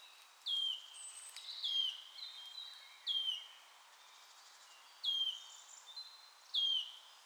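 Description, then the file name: Wood warbler producing several sharp, downward-sliding whistles, interspersed with thin chattering notes from another bird. "sisego fuzike hangja"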